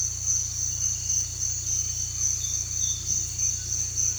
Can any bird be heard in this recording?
no